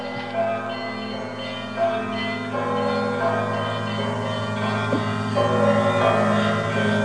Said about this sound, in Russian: Звонят наши колокола монастырские по случаю приезда архиепископа Сергия Тернопольского. Святая гора Афонская 30 сентября